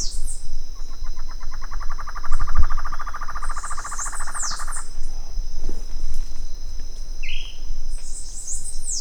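A bird gives a rattling, pulsed trill, then a brief chirp, with high descending squeaks, against low rumbling noise and a continuous high tone.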